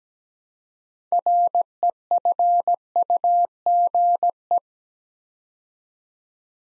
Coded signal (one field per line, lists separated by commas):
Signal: Morse code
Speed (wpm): 17 wpm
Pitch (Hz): 700 Hz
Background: none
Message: REFUGE